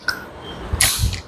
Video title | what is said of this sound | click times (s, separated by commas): Hugo Boss Dark Blue Full Review (1999) | Clicks into place. | 1.1 s